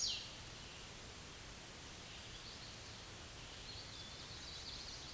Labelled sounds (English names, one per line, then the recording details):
Hooded Warbler song
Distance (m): 15 m
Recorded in a Pennsylvania forest on 18 May 2023 at 11:04
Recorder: AudioMoth, point grid1_31_low
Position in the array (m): 158 m, 104 m